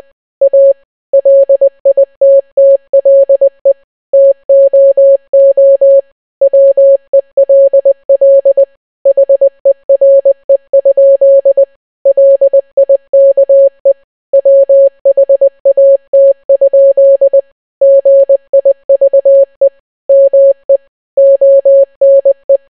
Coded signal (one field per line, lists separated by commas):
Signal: Morse code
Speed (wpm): 20 wpm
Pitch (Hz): 550 Hz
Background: none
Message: A LITTLE TOO WELL HERE? LIKE WHAT? GIVE ME ONE